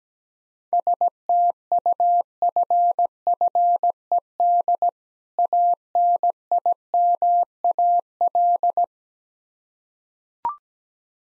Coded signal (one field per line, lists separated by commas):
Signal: Morse code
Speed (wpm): 17 wpm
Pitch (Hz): 700 Hz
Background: none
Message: STUFFED ANIMAL